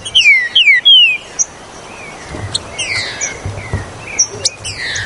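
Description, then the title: Green-winged saltator giving three strong downslurred whistles at the start, followed by softer scattered whistled notes and thin high chirps. "Trinca Ferro"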